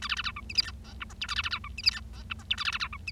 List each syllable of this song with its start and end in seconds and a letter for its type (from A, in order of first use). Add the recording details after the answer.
0.02-0.08 A, 0.09-0.15 B, 0.16-0.22 B, 0.24-0.31 C, 0.36-0.40 D, 0.49-0.53 E, 0.55-0.61 F, 0.62-0.71 G, 0.84-0.93 H, 1.00-1.04 I, 1.09-1.13 J, 1.21-1.27 K, 1.28-1.34 A, 1.36-1.42 B, 1.43-1.49 B, 1.51-1.58 C, 1.64-1.68 D, 1.77-1.81 E, 1.83-1.90 F, 1.91-2.00 G, 2.13-2.22 H, 2.30-2.33 I, 2.39-2.43 J, 2.50-2.55 K, 2.58-2.64 A, 2.65-2.71 B, 2.72-2.78 B, 2.80-2.87 C, 2.92-2.97 D, 3.07-3.11 E. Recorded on 25 March 2012 at 11:18. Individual gy6or6